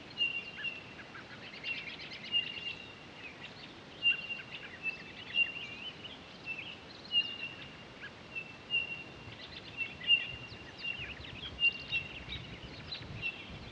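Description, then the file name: Townsend's solitaire giving single clear, high whistled notes, each short and even, repeated at fairly regular intervals. Recorded 23 October 2011. "20111023 townsends-solitaire"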